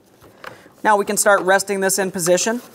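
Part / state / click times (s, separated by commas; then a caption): wiring harness connector into headlight assembly / seated / 0.5 s. A plastic wiring harness electrical connector is pushed further into the headlight assembly socket of a 2011–2021 Jeep Grand Cherokee while the headlamp is being positioned during a headlight bracket replacement. A short, sharp click sounds at 0.5 s, and then someone talks. The connector is seated in the headlight assembly.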